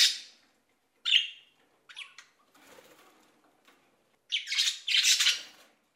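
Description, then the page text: Budgerigar chirps and squawks, a few bright scratchy calls separated by short pauses, ending in a louder burst of harsh chattering. Says a name and chirps. "Звуки Волнистых попугаев. ЗВУКОДАР"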